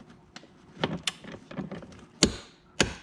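A click-type torque wrench tightens a seat belt anchor bolt on a C7 Corvette to 40-50 Nm (about 35-36 ft-lb) during a seat belt swap. Light taps and ratcheting sounds build to a sharp release click at 2.2 s, followed by another loud click near 2.8 s. The wrench clicks at its setting, confirming the belt is torqued down properly.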